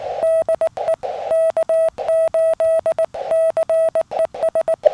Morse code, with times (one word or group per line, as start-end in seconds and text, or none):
0.2-0.9 DE
1.3-4.7 K8CES